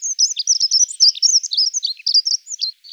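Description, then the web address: Dunnock singing a fast, high, jingling warble of squeaky notes that tumble up and down without pause for nearly three seconds. "Prunella modularis"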